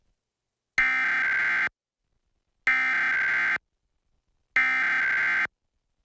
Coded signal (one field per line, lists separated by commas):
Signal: Emergency Alert System (SAME) tones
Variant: header bursts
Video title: Utah EAS Required Monthly Test - KUTV/KSL-TV/KMYU/KSTU, 5/14/2021